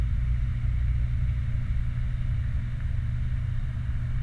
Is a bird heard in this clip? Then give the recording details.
no. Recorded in the Prudhoe Bay oil fields, Alaska, on 29 July 2019 at 00:56. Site 29